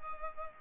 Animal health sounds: mosquito wingbeat signal from an infrared sensor; Culex pipiens

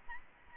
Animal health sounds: mosquito wingbeat signal from an infrared sensor; Aedes albopictus

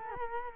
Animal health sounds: mosquito wingbeat signal from an infrared sensor; Culex quinquefasciatus

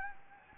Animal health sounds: mosquito wingbeat signal from an infrared sensor; Anopheles gambiae

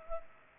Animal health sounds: mosquito wingbeat signal from an infrared sensor; Culex pipiens

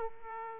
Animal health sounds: mosquito wingbeat signal from an infrared sensor; Aedes aegypti

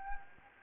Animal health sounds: mosquito wingbeat signal from an infrared sensor; Anopheles gambiae

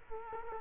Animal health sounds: mosquito wingbeat signal from an infrared sensor; Culex quinquefasciatus

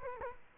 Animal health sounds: mosquito wingbeat signal from an infrared sensor; Culex quinquefasciatus

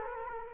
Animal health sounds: mosquito wingbeat signal from an infrared sensor; Culex quinquefasciatus

